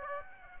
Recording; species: mosquito wingbeat signal from an infrared sensor; Aedes aegypti